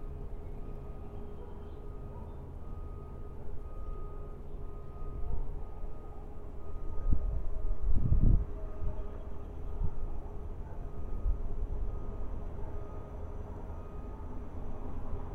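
A steady low rumble of traffic and machinery with a faint constant tone, swelling around eight seconds as something passes, then settling.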